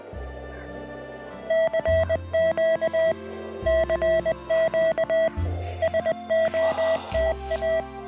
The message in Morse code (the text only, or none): CQ CQ SOTA